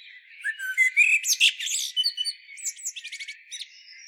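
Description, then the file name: Common blackbird song: a short low fluted warble followed by a rapid run of squeaky, high twittering notes, then a few sharper chips near the end. "Turdus merula"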